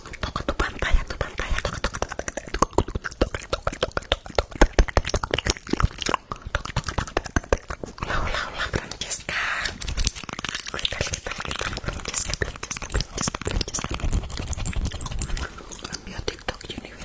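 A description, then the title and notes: Mouth sounds: a dense run of wet clicks, smacks and crackly pops that fires quickly and unevenly throughout. Around the middle the clicks thin slightly, giving way to softer breathy, smeared noises before the rapid clicking picks up again. Mouth Sounds.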